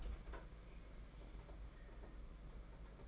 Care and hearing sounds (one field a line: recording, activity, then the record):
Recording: daily activity, microphone in the room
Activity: open fridge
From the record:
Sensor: 5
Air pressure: 992.0 hPa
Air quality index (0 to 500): 200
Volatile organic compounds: 1000 ppm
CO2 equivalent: 5752 ppm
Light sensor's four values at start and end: 28/99/36/38 and 29/98/36/38